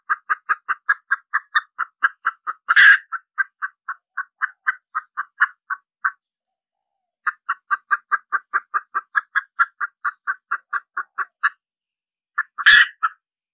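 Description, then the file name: Red junglefowl clucking in long rapid series, broken by a loud rasping squawk and a pause, then more clucks and another squawk. Hen clucking (cackling). "Tieng ga mai rung cuc tac de"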